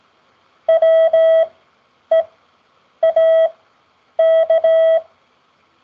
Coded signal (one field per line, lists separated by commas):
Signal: Morse code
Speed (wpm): 17 wpm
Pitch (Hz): 650 Hz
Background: none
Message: WEAK